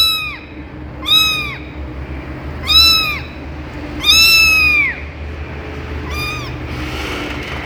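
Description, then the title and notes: Cat: kitten meowing: five short high meows, each rising then falling, spaced about one to two seconds apart over a steady low hum. Kitten in an office, making its first meows. "Catalino!!! El gatito de Agricultura. Catalino diciendo sus primeras palabras en la oficina"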